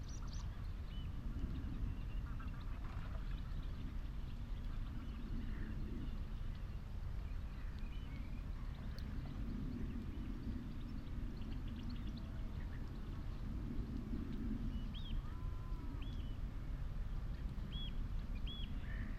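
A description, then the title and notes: An open marsh on a warm afternoon, with a steady low rumble of wind and traffic filling the bottom throughout. Short bird calls chirp now and then, brighter whistles around ten seconds and after fifteen, and faint duck-like quacks drift in. Out in the wide open on Higham Marshes in Kent on a warm May afternoon. It's a perfect location for the Lento mics too. The sound scene of the Higham Marshes nature reserve from a little hawthorn tree in full scented blossom. Giant operating container ports rumble on the same horizon.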